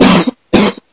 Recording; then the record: coughing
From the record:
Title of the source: 60 coughing still (deep and wet cough)